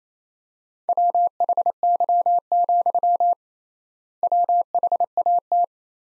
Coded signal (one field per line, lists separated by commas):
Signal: Morse code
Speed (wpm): 28 wpm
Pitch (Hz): 700 Hz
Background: none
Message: WHY, WHAT